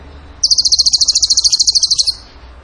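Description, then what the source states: Bird song: one fast, high trill of evenly spaced repeated notes lasting under two seconds, with quiet before and after. Masteran (training recording) for songbirds in the tembakan gacor style.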